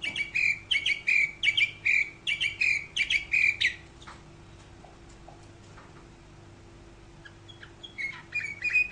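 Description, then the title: Canary singing a run of bright, repeated warbled phrases for about four seconds, a quiet gap with scattered faint notes, then more high chirps near the end. "Kenari"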